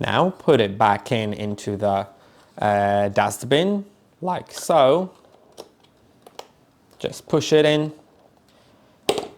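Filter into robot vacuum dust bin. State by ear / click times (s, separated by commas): seated / 9.1 s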